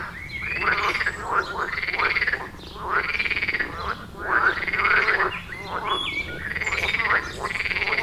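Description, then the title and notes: Frog chorus of long, buzzy, arched croaks repeated again and again, with pulsed rattling notes overlapping between them. Frog chorus at the village pond in Wohlsborn, Germany; recorded with a TASCAM DR-40X. "Wohlsborn, Deutschland - Froschkonzert. Frog concert. Froschkonzert am Dorfteich in Wohlsborn"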